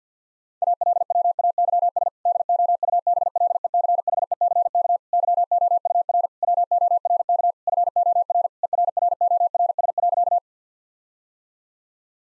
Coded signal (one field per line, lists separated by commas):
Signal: Morse code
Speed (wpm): 50 wpm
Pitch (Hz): 700 Hz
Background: none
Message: ALWAYS DOUBLECHECK YOUR WORK FOR ERRORS.